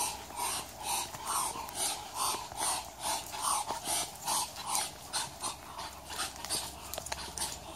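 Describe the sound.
Muscovy duck hissing calls, a steady series of breathy puffs, a little over two per second.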